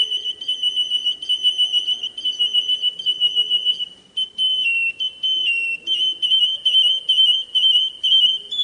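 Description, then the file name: Atlantic canary song: sustained bright whistled trills, steady in pitch, broken by short gaps and a few lower, gliding notes midway. Domestic canary of the Russian song type. "kenarirusia omkicau"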